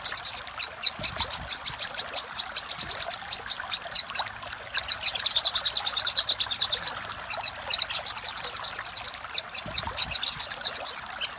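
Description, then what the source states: Little spiderhunter song: continuous rapid high-pitched notes in rattling runs, steady pace with short gaps between phrases. Master recording for training cage birds; local name sogok ontong labaik.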